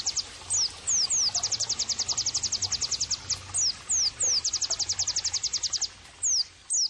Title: Pleci Gacor 05. terapi pleci dextro 87 plus masteran kenari sahdu